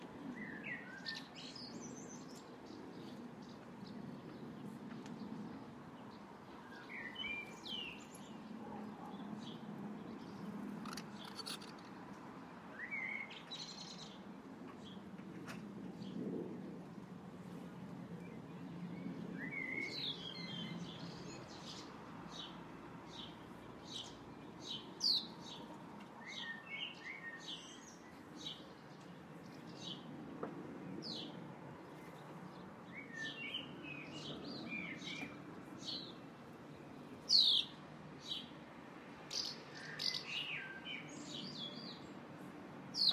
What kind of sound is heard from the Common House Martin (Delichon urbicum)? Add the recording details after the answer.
call. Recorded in the wild. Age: adult. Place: Zepernick, Brandenburg, DE. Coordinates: 52.6497, 13.5436. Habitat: urban. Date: 2009-06-21 13:30. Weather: fair, ca. 20 °C, no wind. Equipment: Sound Devices 702, Rode NT1A. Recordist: Frommolt, Karl-Heinz